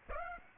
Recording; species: mosquito wingbeat signal from an infrared sensor; Aedes aegypti